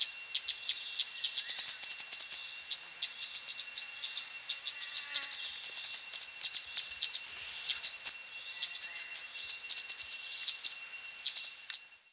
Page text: Scarlet-Backed Flowerpecker Calls. Quick Sounds